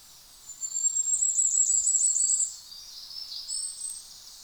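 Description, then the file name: Common firecrest song, an extremely high, thin string of rapid repeated notes lasting over a second, followed by softer chirps. "tuzesfeju kiralyka Regulus ignicapilla"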